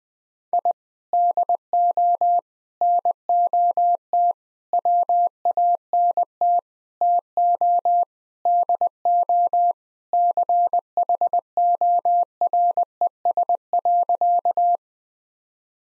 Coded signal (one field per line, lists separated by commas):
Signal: Morse code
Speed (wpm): 21 wpm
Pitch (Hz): 700 Hz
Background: none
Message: I DO NOT WANT TO DO CHORES.